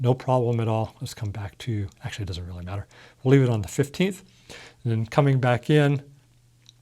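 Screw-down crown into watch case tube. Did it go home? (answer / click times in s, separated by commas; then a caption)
yes / 6.7 s. Someone talks while the pulled-out screw-down crown of a Seiko Save The Ocean Samurai mechanical dive watch is pushed back in against its spring so it can be screwed down onto the case tube. A short, sharp click comes at 6.7 s as the crown seats back in with a very positive click and a little spring action catching it.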